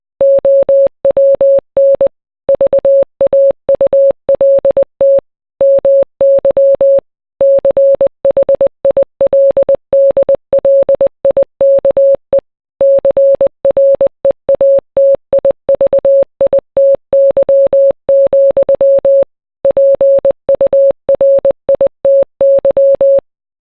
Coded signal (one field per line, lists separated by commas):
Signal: Morse code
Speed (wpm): 20 wpm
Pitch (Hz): 550 Hz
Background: none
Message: OWN VAULT MY CHILDLIKE CREATIVITY, PURITY